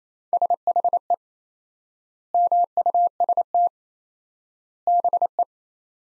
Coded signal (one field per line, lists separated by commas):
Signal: Morse code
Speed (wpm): 28 wpm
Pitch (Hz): 700 Hz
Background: none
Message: SHE MUST BE